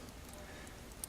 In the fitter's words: backwards a bit until it clicks in